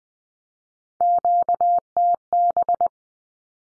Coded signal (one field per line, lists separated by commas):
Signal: Morse code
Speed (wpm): 20 wpm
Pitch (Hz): 700 Hz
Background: none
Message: QTB